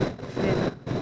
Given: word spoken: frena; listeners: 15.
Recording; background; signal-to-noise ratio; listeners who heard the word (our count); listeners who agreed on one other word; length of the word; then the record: one Spanish word in noise, from a listening test; noise modulated by three-talker babble; -6.0 dB; 2 of 15; 9 of 15; 0.62 s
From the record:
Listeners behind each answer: 9, 2, 2, 1, 1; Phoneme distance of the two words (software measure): 17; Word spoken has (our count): 2 syllables, 5 phonemes, stress on syllable 1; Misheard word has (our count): 2 syllables, 4 phonemes, stress on syllable 1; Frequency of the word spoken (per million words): 2.67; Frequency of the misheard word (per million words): 37.84